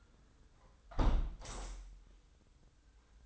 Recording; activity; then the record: daily activity, microphone in the room; close window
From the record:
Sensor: 3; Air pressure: 990.4 hPa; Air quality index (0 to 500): 179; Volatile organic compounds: 1000 ppm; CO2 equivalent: 5787 ppm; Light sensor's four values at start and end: 33/79/32/30 and 34/79/32/30